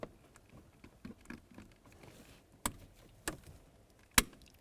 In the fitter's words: press it in listen for a click give that wiring a quick tug just to ensure that it is completely secured